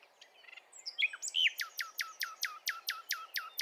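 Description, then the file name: Common nightingale song: a few soft notes and whistles, then a sharp downswept note repeated steadily for about two seconds. "Luscinia megarhynchos"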